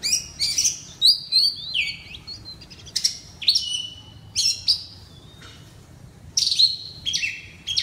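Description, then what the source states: Oriental magpie-robin: loud, varied whistles and buzzy slurs in separate bursts, with short silences between phrases. Loud song, the style called kacer ngeplong keras in Indonesian.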